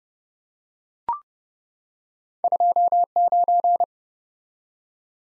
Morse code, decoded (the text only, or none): 29